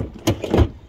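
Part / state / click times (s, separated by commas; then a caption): toilet cassette into caravan locker bay / seated / 0.3 s, 0.5 s. A plastic toilet cassette is pushed back into its locker bay on a 2013 Sterling Eccles Jade caravan until it latches. Clicks are heard at 0.3 s and 0.5 s, with a low bump as it goes home, and it is seated.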